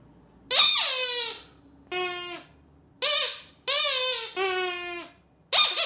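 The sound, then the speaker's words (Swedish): An old duck-shaped bicycle horn squeaks six times in uneven bursts, each a loud, reedy, wavering honk that bends in pitch, the last one cut short; no one speaks. “Jag har en tuta. En gammal cykeltuta i form av en anka, det är vad jag har.”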